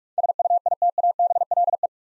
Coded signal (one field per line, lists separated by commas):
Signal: Morse code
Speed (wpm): 44 wpm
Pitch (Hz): 700 Hz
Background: none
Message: SUITABLE